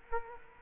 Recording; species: mosquito wingbeat signal from an infrared sensor; Culex quinquefasciatus